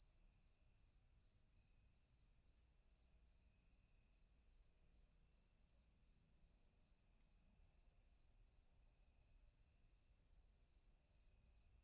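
Cricket singing a constant shrill chirp in rapid rhythmic pulses, steady throughout, with quiet low-frequency rumble.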